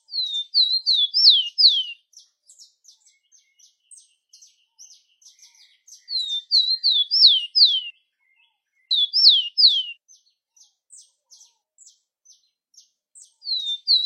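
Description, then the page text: Rufous-collared sparrow singing repeated phrases of bright downslurred whistles every few seconds, with soft high ticking chips between phrases. "TICO TICO (Zonotrichia Capensis)"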